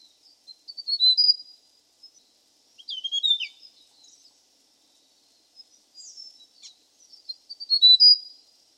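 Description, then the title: Hill prinia calls: high, thin chirping phrases of quick notes, four bursts separated by short silences, with nothing else heard. "prenjk gnung. Suara burung prenjak gunung"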